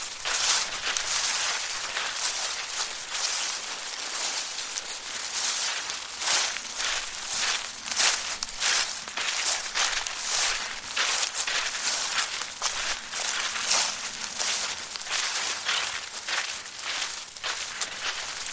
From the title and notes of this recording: Walking Through Crunching Leaves. Crisp leaves being crunched as they are stepped. Embrace Autumn and listen to the sounds of crisp and crunchy leaves being walked through.